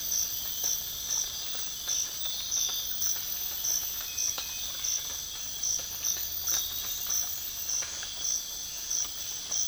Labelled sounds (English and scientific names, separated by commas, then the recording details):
none
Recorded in dense forest near Puerto Asís, Putumayo, Colombia, on 12 March 2025 at 05:30
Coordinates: 0.484, -76.325
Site G045